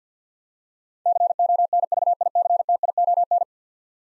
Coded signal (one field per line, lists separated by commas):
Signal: Morse code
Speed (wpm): 50 wpm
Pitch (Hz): 700 Hz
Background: none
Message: CONVICTION